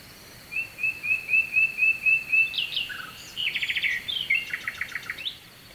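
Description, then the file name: Nightingale delivering a series of quick repeated whistles that grow louder, followed by chattering trills and a rising flourish, with a gentle rushing background. Sung at night with a distant stream, Kovachevitsa, Bulgaria. "Noshten slavej i dalechen potok (s Kovachevica)"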